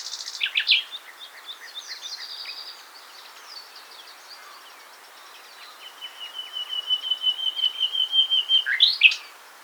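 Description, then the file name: Nightingale-type song: scattered twittering phrases, a pause, then a crescendo of rapidly repeated thin notes ending in a sharp burst. "Luscinia megarhynchos"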